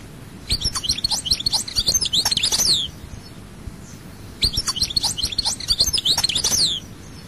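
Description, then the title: European goldfinch song, two phrases of fast, tinkling twitters mixed with harsher buzzy notes, separated by a pause of about a second and a half. "Chant Chardonneret"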